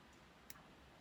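While reassembling a BMW R100/7 motorcycle carburetor during a rebuild, the metal throttle shaft assembly is started into the carburetor body and pushed until it snaps into the first slot. A single sharp click sounds at 0.5 s over a quiet background, and the throttle shaft assembly is seated.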